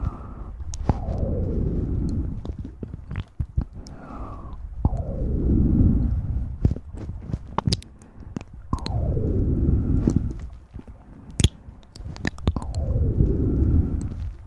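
Wet mouth sounds with sharp clicks and smacks scattered throughout, over a low rumbling rush. Four times, near 1, 4, 9 and 13 seconds, a sweeping swoosh slides downward and swells into a dense, muffled rumble before fading.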